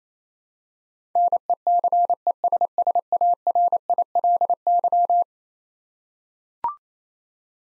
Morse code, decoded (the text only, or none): NECESSARILY